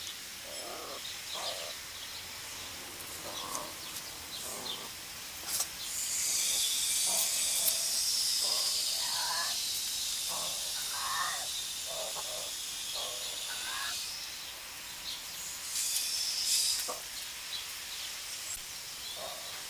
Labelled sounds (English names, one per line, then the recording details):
Wildcat call
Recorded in captivity
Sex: pair
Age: adult
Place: Zoo Halle, Sachsen-Anhalt, DE
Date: 1999-03-30 12:35
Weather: fair, ca. 15°C
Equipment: Sony MD-WM MZ-R3, Sennheiser MKH 416 T, Kopie Uher 4000 Report Monitor
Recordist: Tembrock, Günter